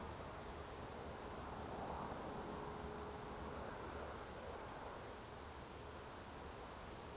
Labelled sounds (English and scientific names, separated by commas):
Eurasian Woodcock (Scolopax rusticola)